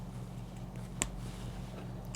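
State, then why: Seated. A plastic building-set part with a half-height pin, from a Lego 42124 buggy, is pressed onto a bar and snaps into place with one sharp, bright click at 1.0 s, rising well above a steady low hum. Two faint ticks follow near 2.2 s, and the part is seated.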